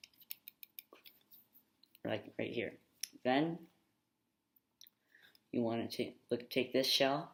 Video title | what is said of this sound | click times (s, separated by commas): The Creation of the Finalmouse Air58 Phantom | press inward it should snap right in nice and snug like | 0.3 s, 0.8 s